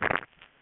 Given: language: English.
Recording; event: throat vibration sensor signal played as sound; swallow